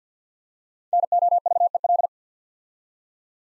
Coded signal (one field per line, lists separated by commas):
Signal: Morse code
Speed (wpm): 46 wpm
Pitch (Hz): 700 Hz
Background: none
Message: NOVEL